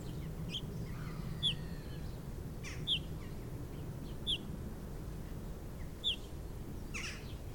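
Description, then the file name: Eurasian bullfinch giving four spaced soft piping calls over a constant low hum, with faint other chirps in the background. "Pyrrhula pyrrhula"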